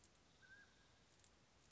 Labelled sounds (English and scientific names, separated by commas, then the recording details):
Mountain Quail (Oreortyx pictus)
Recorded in Sonoma County, California